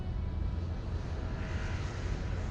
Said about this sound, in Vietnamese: Tiếng máy bay kia vượt qua bầu trời, có phải đã mang em đi rồi hay không?